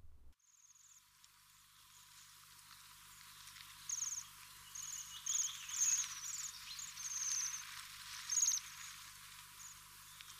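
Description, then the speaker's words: Waxwing trill calls: high, thin, buzzy ringing trills given in short bursts, scattered over about ten seconds against faint background hiss. Most famous call is a high, rapid, buzzing trill of sharp notes, bell-like; always on the move, normally no territorial song; does not breed in Britain. "Their most famous call is a high, rapid, buzzing trill of sharp notes, which can sound like a small bell."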